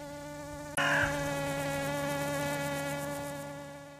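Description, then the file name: Common drone fly wingbeat buzz, a steady droning hum with strong even overtones, briefly swelling louder after a sharp onset, then slowly easing quieter toward the end. Hovering. "Eristalis tenax - hovering"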